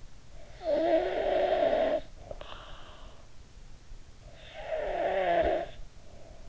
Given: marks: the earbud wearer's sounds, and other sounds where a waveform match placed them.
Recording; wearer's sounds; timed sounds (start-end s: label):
sounds in sleep by an in-ear microphone; snoring breath
0.23-3.43 s: snoring breath
4.26-6.48 s: snoring breath